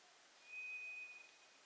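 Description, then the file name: White's thrush song: one long, thin, steady whistle on a single high pitch, lasting under a second, against a faint hiss. Recorded 2 July 2007. "toratugumi 20070702"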